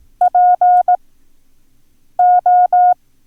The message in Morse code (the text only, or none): PO